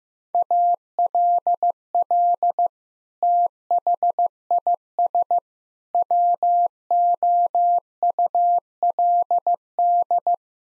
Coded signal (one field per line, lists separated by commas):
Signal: Morse code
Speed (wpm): 15 wpm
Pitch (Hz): 700 Hz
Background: none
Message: ALL THIS WOULD